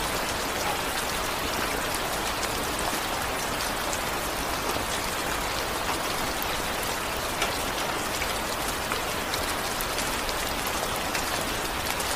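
Steady, dense rain falls without pause, a bright hiss of countless drops with faint pattering on a surface and little low rumble.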